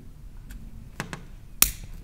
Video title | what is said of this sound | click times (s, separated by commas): Reviewed: Quickwire lighting junction box for twin and earth cables | pushing it until it clicks. And that's it. That is that terminated. Now, it's retained. | 1.6 s